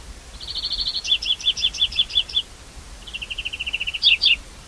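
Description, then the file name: European greenfinch with a fast twittering trill that breaks into bright separated chirps, then a lower rattling run and a couple of sharp notes. "Chloris chloris"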